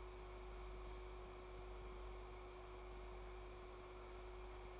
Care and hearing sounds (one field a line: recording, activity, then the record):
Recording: daily activity, microphone in the room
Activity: make coffee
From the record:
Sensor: 1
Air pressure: 1004.3 hPa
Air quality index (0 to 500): 198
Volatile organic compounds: 18 ppm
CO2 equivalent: 2625 ppm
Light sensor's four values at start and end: 5/14/5/6 and 5/14/5/6